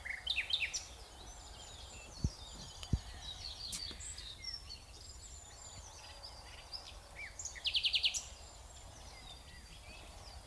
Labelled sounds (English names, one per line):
Common Nightingale song